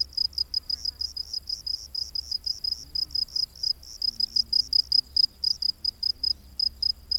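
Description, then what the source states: Cricket chirps in quick regular bursts, high and thin. Crickets heard during the day.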